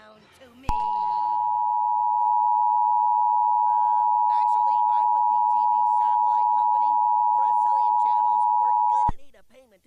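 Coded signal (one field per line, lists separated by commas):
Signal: Emergency Alert System (SAME) tones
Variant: 853 and 960 Hz attention tone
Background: speech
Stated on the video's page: Remake of a Tornado Emergency EAS alert for Marshall County, Illinois.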